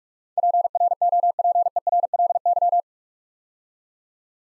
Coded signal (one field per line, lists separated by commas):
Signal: Morse code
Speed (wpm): 44 wpm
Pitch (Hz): 700 Hz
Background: none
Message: PROPERLY